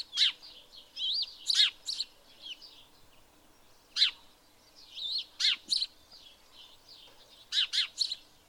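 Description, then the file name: House sparrow chirps come in loose groups of single and double notes, separated by short pauses. "Passer domesticus"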